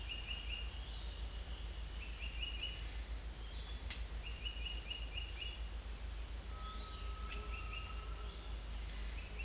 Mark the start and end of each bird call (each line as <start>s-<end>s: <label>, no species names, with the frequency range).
0.00s-0.55s: bird call (2.1-3.7 kHz)
1.99s-2.83s: bird call (2.2-3.6 kHz)
4.22s-5.63s: bird call (2.0-4.3 kHz)
6.39s-8.42s: bird call (0.9-2.3 kHz)